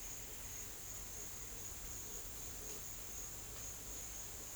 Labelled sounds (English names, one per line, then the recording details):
none
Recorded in secondary vegetation near Puerto Asís, Putumayo, Colombia, on 29 June 2025
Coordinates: 0.488, -76.319
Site G094